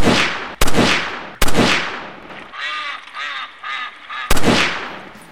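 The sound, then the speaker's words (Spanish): Three loud gunshot blasts with echoing decays, then a quick run of about four nasal, reedy duck quacks, and one more booming shot to finish. A comic sound-effect sequence with no talking, used with the tagline of the radio show Sueños Son. “Sueños Son, el programa que te vuela los patos de la cabeza.”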